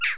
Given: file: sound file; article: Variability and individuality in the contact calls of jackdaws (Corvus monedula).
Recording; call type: jackdaw call; noisy